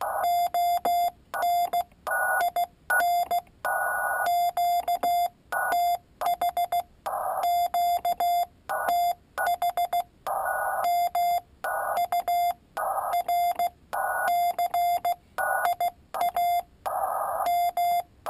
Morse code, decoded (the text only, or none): ON IN QTH QTH MURCIA M